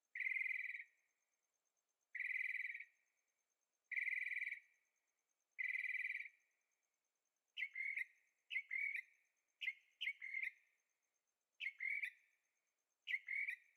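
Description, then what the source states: Bird song beginning with four buzzy, harsh phrases about two seconds apart, then quicker clipped double chirps in irregular bursts. Birds singing at night in Carefree, Arizona; recorded with a Zoom H6 and stereo microphones.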